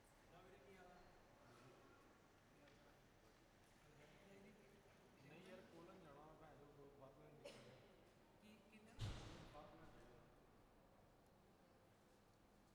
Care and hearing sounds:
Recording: everyday scene through a hearing-aid microphone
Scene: reverberant space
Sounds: background noise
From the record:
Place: railway station hall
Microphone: behind the ear, left, front

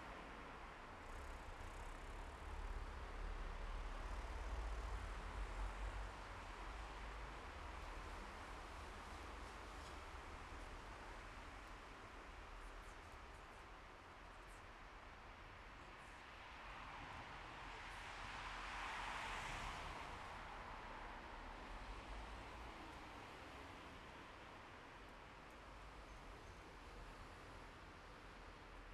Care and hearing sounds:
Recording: everyday scene through a hearing-aid microphone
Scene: in traffic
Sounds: traffic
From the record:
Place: bus stop on a city main road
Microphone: behind the ear, left, rear

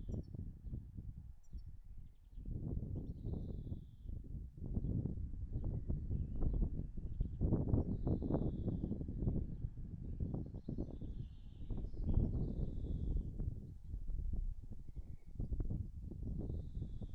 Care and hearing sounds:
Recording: everyday scene through a hearing-aid microphone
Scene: wind on the microphone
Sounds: wind, birds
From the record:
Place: in front of a rural house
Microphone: behind the ear, right, front

